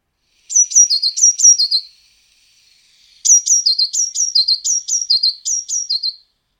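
Eurasian blue tit giving high, clear phrases of a sharp note dropping to a lower note, repeated in two bouts with a short quiet gap between.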